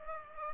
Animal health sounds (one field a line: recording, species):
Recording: mosquito wingbeat signal from an infrared sensor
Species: Culex pipiens